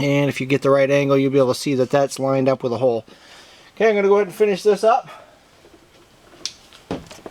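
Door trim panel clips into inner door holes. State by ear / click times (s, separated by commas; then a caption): seated / 6.5 s, 6.9 s. Someone talks for the first five seconds, then a plastic door trim panel on a Chevy Blazer / GMC Jimmy / S10 is pushed onto the door so its retaining clips and pins snap into the inner door holes. Sharp clicks are heard at 6.5 s and 6.9 s, with softer knocks around them, and the panel is seated with its clips popped into place.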